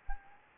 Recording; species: mosquito wingbeat signal from an infrared sensor; Anopheles arabiensis